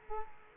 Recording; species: mosquito wingbeat signal from an infrared sensor; Culex quinquefasciatus